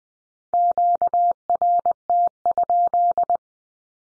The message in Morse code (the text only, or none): QRT?